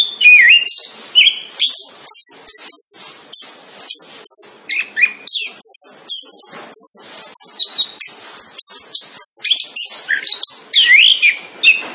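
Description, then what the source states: Orange-headed thrush in full song, an unbroken stream of high twittering notes, rapid trills and downward-sliding whistles. Singing actively and loudly (gacor).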